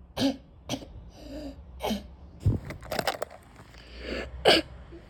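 Stridor in a child.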